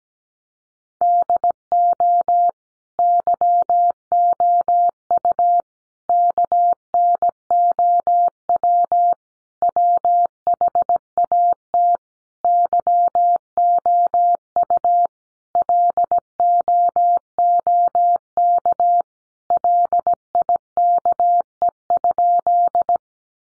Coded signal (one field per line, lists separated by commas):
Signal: Morse code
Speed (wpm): 17 wpm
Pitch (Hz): 700 Hz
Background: none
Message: DO YOU KNOW WHAT YOU LOOK LIKE?